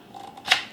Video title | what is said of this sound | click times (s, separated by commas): Safariland QLS | and then clicks into place locks into place and then you just you have to squeeze | 0.5 s